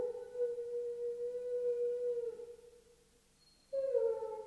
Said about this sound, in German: Warum nur heult der Hund? Wie schwül es ist. Aus irgendeinem Grunde heulen die Hunde.